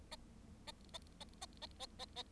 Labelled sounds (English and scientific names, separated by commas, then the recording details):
Bengalese Finch (Lonchura striata domestica) song
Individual Bird7